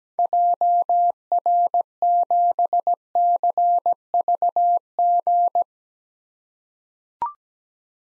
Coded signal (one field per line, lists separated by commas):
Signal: Morse code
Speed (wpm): 17 wpm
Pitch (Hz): 700 Hz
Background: none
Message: JR7CVG